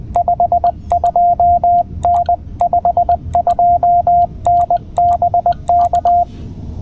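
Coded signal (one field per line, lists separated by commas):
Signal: Morse code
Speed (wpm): 20 wpm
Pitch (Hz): 690 Hz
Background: radio noise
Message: 52N 52N BK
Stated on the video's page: CW from a Parks on the Air activation: Penntek TR-45L, CW Morse double paddle, 30m end-fed half-wave antenna; QRP field station.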